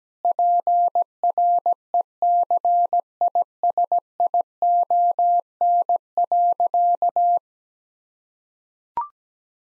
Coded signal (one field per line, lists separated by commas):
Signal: Morse code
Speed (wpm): 17 wpm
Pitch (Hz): 700 Hz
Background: none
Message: PRECISION.